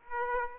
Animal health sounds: mosquito wingbeat signal from an infrared sensor; Aedes aegypti

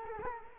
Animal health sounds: mosquito wingbeat signal from an infrared sensor; Culex quinquefasciatus

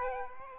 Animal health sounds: mosquito wingbeat signal from an infrared sensor; Aedes aegypti

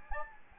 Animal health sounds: mosquito wingbeat signal from an infrared sensor; Anopheles gambiae

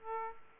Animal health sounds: mosquito wingbeat signal from an infrared sensor; Aedes aegypti

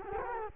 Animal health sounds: mosquito wingbeat signal from an infrared sensor; Culex quinquefasciatus

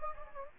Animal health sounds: mosquito wingbeat signal from an infrared sensor; Anopheles gambiae

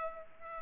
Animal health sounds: mosquito wingbeat signal from an infrared sensor; Culex pipiens

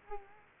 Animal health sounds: mosquito wingbeat signal from an infrared sensor; Culex quinquefasciatus

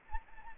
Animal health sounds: mosquito wingbeat signal from an infrared sensor; Anopheles gambiae

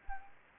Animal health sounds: mosquito wingbeat signal from an infrared sensor; Anopheles gambiae

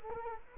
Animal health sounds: mosquito wingbeat signal from an infrared sensor; Culex quinquefasciatus

